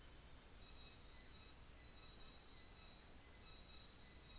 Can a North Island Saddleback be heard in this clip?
no